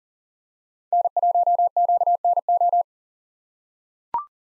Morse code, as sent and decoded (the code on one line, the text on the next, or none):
-. .---- --.- -. ---
N1QNO